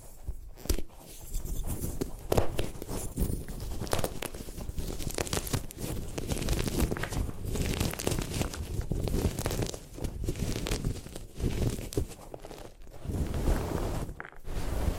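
Gym chalk being crushed and crumbled, a dense run of gritty crunching and crackling with sharp clicks, briefly pausing near two and fourteen seconds.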